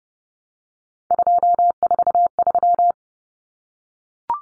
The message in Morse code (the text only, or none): 243